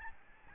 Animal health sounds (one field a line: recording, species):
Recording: mosquito wingbeat signal from an infrared sensor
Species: Aedes albopictus